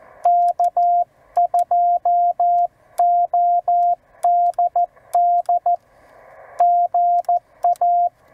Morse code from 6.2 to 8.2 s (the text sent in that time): GA